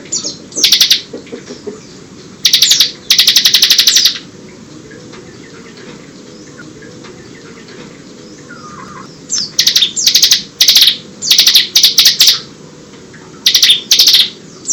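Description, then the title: Bar-winged prinia singing in bursts of rapid buzzy trills and chatters, a long quiet gap in the middle, then several quick clustered phrases, low hum throughout. "Ciblek"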